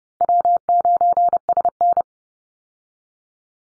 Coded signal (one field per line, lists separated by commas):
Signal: Morse code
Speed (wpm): 30 wpm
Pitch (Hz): 700 Hz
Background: none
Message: W9SN